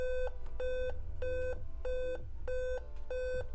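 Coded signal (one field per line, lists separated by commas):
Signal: beep code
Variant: Dell laptop beep code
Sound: repeated short buzzy beeps, about six heard, evenly spaced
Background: low background hum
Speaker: Seven. So, if you look up Alienware 17R3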